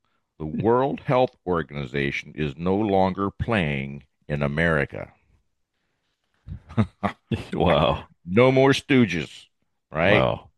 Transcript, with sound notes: The World Health Organization is no longer playing in America." (laughs)
Wow.
No more stooges, right?